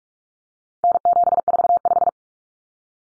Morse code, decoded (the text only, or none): N745